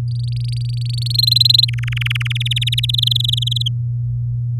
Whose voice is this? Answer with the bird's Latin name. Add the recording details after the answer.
Serinus canaria. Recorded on 3 May 2018 at 18:24. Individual llb16